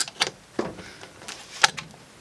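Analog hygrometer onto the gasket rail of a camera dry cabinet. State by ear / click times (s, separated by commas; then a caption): seated / 1.6 s. An analog hygrometer is clipped onto the rail on the back of the rubber gasket inside a camera dry cabinet. Several short handling knocks and clicks are heard, with the sharpest, loudest click at 1.6 s. The hygrometer seats on the rail.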